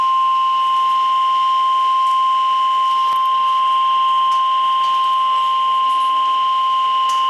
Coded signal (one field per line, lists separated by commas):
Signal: Emergency Alert System (SAME) tones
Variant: 1050 Hz attention tone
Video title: {EAS FIRST} {RARE AND SPECIAL} EAS #8 - Flash Flood Warning for SEVERE FLOODING 7-28-2013